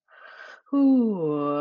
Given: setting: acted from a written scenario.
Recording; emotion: vocal sound without words; relief